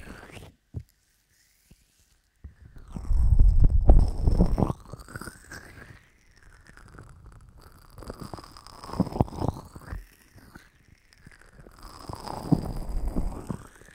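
Ear massage with lotion: slick, squishy rubbing and muffled cupping over the ear, with deep thuddy pressure. Nearly silent at first, a heavy burst of rubbing around three to five seconds, then softer swirling strokes and another stronger pass near the end.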